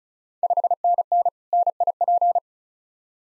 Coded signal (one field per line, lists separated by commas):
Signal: Morse code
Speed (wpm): 36 wpm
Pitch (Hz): 700 Hz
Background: none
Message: 5NN NIP